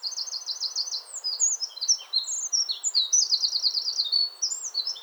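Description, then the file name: Eurasian wren song, shrill and hurried, opening and later repeating dense rattling trills among varied high notes, over a steady rushing noise. "Troglodytes troglodytes"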